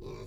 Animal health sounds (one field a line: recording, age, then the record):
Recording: pig call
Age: weaner (32 to 43 days)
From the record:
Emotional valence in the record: negative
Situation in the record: novel object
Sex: female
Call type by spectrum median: low-frequency call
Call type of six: low-frequency stable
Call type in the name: low-frequency stable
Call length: 0.28 s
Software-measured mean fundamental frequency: 52 Hz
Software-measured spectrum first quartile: 111 Hz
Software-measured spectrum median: 339 Hz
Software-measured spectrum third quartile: 623 Hz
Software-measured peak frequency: 384 Hz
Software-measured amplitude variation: 106 dB a second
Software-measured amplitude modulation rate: 25.2 a second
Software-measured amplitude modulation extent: 4.2 dB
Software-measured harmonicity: -0.7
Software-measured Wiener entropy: 0.03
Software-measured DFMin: 663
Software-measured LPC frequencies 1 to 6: 394, 1051, 2344, 3797, 4615, 5695 Hz